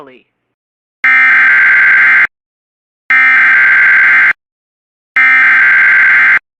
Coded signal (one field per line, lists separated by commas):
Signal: Emergency Alert System (SAME) tones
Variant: header bursts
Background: speech